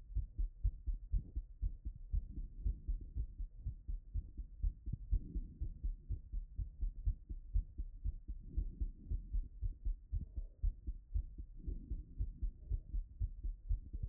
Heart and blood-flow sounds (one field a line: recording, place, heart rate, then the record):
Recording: heart sounds by stethoscope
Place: Erb's point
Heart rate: 119 bpm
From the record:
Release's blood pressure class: elevated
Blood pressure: 126/78 mmHg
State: after exercise